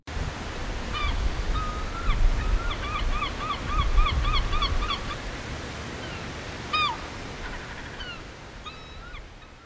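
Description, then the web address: Gulls calling, a series of mewing calls from about one to five seconds in, more scattered calls later, over loud low background noise. Recorded in Chicago in August 2019. "aeppeli. Gulls Chicago"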